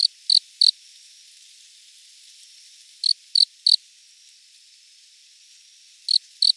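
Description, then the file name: Cricket chirps come in tight groups of three quick high pulses, repeated roughly every three seconds against a soft background hiss. "Loxoblemmus sylvestris"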